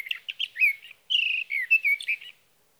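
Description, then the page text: Sage thrasher song, quick warbled notes, a brief gap, then a smooth run of slurred whistled phrases. Male singing at night near his night roost, from evening of June 12 to morning of June 15, 2018, in Sierra Valley, California; recorded with a Swift recorder. "Sage thrasher songs, through the night. For three nights, from the evening of June 12 to the morning of June 15, 2018, in Sierra Valley, California, I placed a Swift recorder near a male's night roost."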